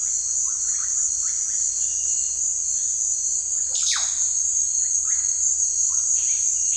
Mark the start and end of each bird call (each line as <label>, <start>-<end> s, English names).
Russet-backed Oropendola, 0.00-5.29 s
Yellow-rumped Cacique, 6.12-6.77 s